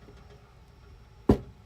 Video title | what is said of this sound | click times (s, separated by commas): Blokees Marvel Rivals Champion Class 09 Peni Parker Unboxing & Building | There we go. Want to hear that click. | 1.3 s